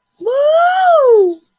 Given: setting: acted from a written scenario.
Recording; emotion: vocal sound without words; elation